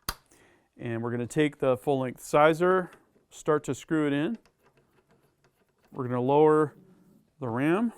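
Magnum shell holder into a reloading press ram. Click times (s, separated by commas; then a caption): 0.1 s. A metal magnum shell holder is pushed into the holder slot of a portable reloading press ram, and it seats with a single sharp snap at 0.1 s. Someone then talks over a few faint taps.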